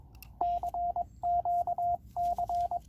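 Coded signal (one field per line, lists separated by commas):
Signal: Morse code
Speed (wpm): 22 wpm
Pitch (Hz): 700 Hz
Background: radio noise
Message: CQC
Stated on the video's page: Penntek TR-45L CW memory function and notch filter.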